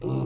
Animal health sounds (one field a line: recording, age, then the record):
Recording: pig call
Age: weaner (32 to 43 days)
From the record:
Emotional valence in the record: negative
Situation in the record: novel object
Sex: female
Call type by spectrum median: low-frequency call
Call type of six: low-frequency stable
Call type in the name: low-frequency stable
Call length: 0.26 s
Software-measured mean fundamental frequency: 64 Hz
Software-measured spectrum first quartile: 138 Hz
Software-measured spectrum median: 261 Hz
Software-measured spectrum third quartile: 452 Hz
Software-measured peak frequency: 350 Hz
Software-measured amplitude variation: 108 dB a second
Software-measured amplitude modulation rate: 39.2 a second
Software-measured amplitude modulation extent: 2.8 dB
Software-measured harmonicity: 1.5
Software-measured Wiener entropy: -0.54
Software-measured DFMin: 1351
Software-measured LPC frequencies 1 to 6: 346, 1042, 2681, 3930, 4454, 5162 Hz